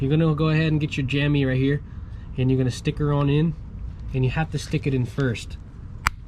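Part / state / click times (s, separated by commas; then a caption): shifter lever ball into plastic shift ball carrier / seated / 6.1 s. Someone talks while working on a BMW E30 shift linkage rebuild, pushing the greased shifter lever ball into the plastic shift ball carrier/bushing. A single sharp click at 6.1 s marks the part snapping in, and the shifter piece is seated in the carrier.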